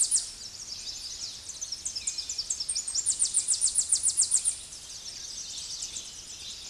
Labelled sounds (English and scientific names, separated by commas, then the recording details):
Tennessee Warbler (Leiothlypis peregrina) song
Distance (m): 10 m
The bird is about 5 m below the microphone
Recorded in a Pennsylvania forest on 16 May 2024 at 08:09
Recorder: AudioMoth, point MSD-0407
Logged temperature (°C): 15.8 °C
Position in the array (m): 67 m, 174 m